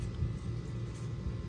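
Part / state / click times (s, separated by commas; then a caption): wiring harness connector onto outside air temperature sensor / not seated / none. A wiring harness plug is handled onto the weather-sealed ambient outside air temperature sensor of a Hummer H2, a connector that fits only one way. Over steady low rumble and faint music, nothing has seated or clicked yet.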